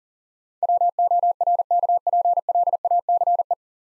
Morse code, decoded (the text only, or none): WORKPLACE